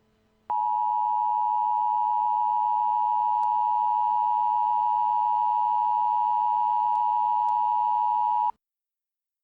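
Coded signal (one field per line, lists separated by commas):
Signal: Emergency Alert System (SAME) tones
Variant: 853 and 960 Hz attention tone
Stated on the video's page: Simulated EAS scenario depicting a hypothetical Galveston hurricane with seawall destruction; loud alert tones.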